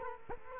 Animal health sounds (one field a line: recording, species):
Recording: mosquito wingbeat signal from an infrared sensor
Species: Culex quinquefasciatus